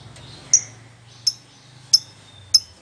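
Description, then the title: Lovebird chirps: four sharp, high, brief notes over a low steady hum. Recording used as a lure to prompt a lovebird to answer and sing vigorously (gacor). "Pancingan Lovebird Agar Nyaut GACOR"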